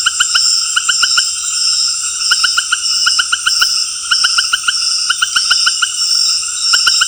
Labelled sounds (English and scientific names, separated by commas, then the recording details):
none
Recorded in dense forest near Puerto Asís, Putumayo, Colombia, on 18 February 2024 at 18:30
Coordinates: 0.485, -76.325
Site G6429